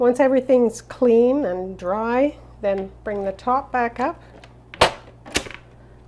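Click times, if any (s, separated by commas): 4.8 s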